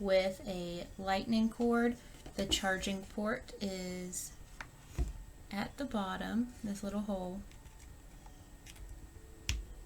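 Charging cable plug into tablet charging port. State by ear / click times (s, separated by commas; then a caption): seated / 9.5 s. A Lightning charging cable plug is pushed into the charging port at the bottom of an iPad while someone talks. After the talking stops, a sharp click at 9.5 s marks the plug seating in the port.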